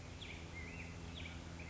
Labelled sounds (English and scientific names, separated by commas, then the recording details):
Black-headed Grosbeak (Pheucticus melanocephalus)
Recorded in Sonoma County, California